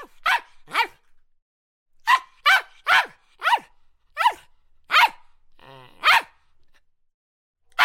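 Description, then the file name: Poodle barking, a series of sharp high yappy barks with short pauses between. "poodle Dog"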